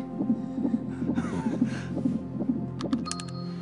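Regular pulsing Doppler beats at about 136 per minute over a steady hum, with a few short electronic beeps near the end. This is a fetal heartbeat heard during a pregnancy check in an acted scene. It beats faster than the mother's own heart, in the normal range for a healthy baby, and the baby is doing very well.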